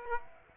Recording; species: mosquito wingbeat signal from an infrared sensor; Aedes aegypti